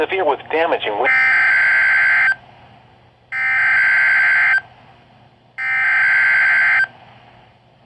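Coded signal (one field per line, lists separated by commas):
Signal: Emergency Alert System (SAME) tones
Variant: header bursts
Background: speech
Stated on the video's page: EAS alerts during a severe weather wave, with possible tornadoes and a possible watch.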